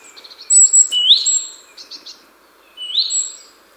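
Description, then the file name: Great tit calling: an upslurred note with thin high whistles, a few short chips, then after a pause a second rising note. "Parus major"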